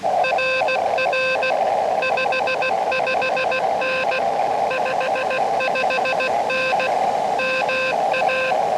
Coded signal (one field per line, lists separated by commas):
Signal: Morse code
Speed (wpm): 16 wpm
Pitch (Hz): 2600 Hz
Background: none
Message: RR 55N 55N MA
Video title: New Park CW Morse Code POTA Activation